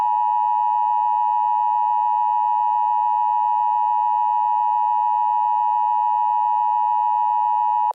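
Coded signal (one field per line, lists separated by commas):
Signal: Emergency Alert System (SAME) tones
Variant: 853 and 960 Hz attention tone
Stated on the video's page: Fictional EAS scenario animation.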